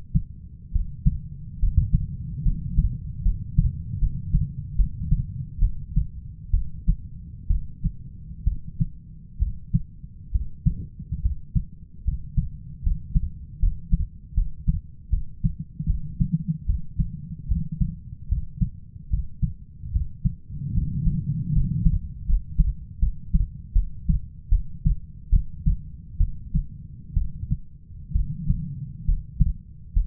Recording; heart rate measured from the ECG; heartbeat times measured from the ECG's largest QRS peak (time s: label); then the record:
heart sounds by stethoscope; 72 bpm
0.72 s: heartbeat
1.59 s: heartbeat
2.42 s: heartbeat
3.22 s: heartbeat
3.99 s: heartbeat
4.76 s: heartbeat
5.59 s: heartbeat
6.51 s: heartbeat
7.47 s: heartbeat
8.44 s: heartbeat
9.38 s: heartbeat
10.31 s: heartbeat
11.22 s: heartbeat
12.04 s: heartbeat
12.83 s: heartbeat
13.59 s: heartbeat
14.34 s: heartbeat
15.10 s: heartbeat
15.86 s: heartbeat
16.66 s: heartbeat
17.48 s: heartbeat
18.28 s: heartbeat
19.10 s: heartbeat
19.92 s: heartbeat
20.74 s: heartbeat
21.52 s: heartbeat
22.26 s: heartbeat
22.99 s: heartbeat
23.73 s: heartbeat
24.49 s: heartbeat
25.30 s: heartbeat
26.18 s: heartbeat
27.14 s: heartbeat
28.12 s: heartbeat
29.05 s: heartbeat
29.93 s: heartbeat
From the record:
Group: healthy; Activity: rest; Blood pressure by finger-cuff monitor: 137/68 mmHg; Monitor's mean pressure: 88 mmHg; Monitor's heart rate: 73 bpm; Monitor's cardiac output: 6.1 L/min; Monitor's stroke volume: 84 mL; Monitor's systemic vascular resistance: 1000 dyn s/cm5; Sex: female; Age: 37 years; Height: 168 cm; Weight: 70 kg